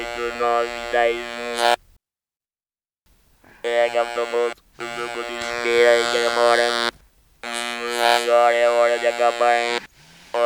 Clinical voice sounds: speech with an electrolarynx; conventional device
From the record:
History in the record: total laryngectomy

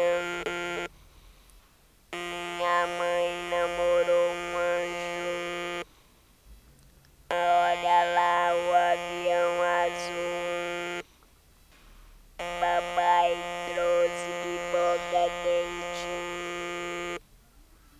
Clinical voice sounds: speech with an electrolarynx; modified device, with random pitch perturbation and pitch set by sex and age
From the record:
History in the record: total laryngectomy

